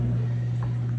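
A metal two-piece canning lid on a glass jar of warm home-canned salsa flexes down as the vacuum forms while the jars cool. A single short pop is heard at 0.6 s over a steady low hum, and the lid seals, one of two jars that click and seal.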